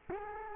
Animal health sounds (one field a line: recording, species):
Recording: mosquito wingbeat signal from an infrared sensor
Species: Culex quinquefasciatus